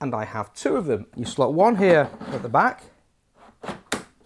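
Someone talks while an 18 V battery pack is slid into the rear battery slot of a Festool CSC SYS 50 EBI cordless table saw, a 36 V system that runs on two 18 V batteries. After a short quiet pause and some faint handling, the pack latches with one sharp, loud click at 3.9 s, seated in the slot.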